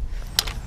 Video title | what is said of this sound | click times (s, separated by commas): BULLS Cross Lite E Step-Thru Review - 4.1k | There we go. You can hear it click. | 0.4 s